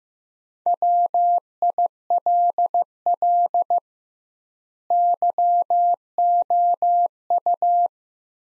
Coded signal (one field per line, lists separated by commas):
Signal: Morse code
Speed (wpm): 15 wpm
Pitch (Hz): 700 Hz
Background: none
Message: WILL YOU